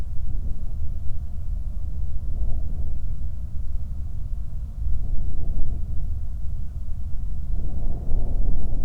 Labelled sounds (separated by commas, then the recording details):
flare stack, wind
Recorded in the Prudhoe Bay oil fields, Alaska, on 8 July 2019 at 00:20
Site 25